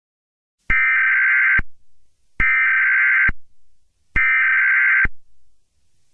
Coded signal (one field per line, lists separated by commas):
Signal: Emergency Alert System (SAME) tones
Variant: header bursts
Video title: EAS Scenario: uwucutesingle